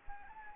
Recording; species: mosquito wingbeat signal from an infrared sensor; Anopheles arabiensis